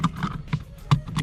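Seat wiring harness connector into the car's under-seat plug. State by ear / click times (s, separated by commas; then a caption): seated / 0.9 s. The wiring harness connector of a 2016–2019 Camaro 1LE Recaro seat, installed as a vented-seat upgrade, is pushed into its mating plastic plug under the seat. A sharp click at 0.9 s shows it has seated fully, with other brief knocks near 0.0 s and 1.2 s.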